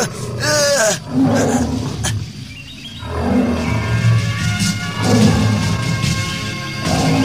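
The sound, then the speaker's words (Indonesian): A tiger roars loudly, a deep, rumbling snarl that swells and growls on for several seconds, broken by brief pauses, with a higher rasping edge at the start. “Oh, harimau. Matanya ganas memandangku.”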